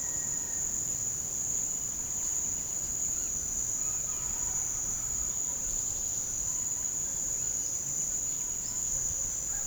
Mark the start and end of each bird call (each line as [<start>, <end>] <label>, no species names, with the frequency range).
[2.90, 4.71] bird call (0.9-6.1 kHz)
[6.95, 9.02] bird call (2.0-6.1 kHz)